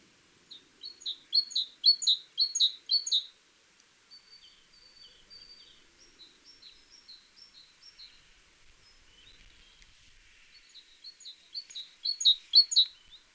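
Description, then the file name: Great tit singing bright, rhythmic two-note phrases in bursts at start and end, with softer thin high notes in between. "Parus major"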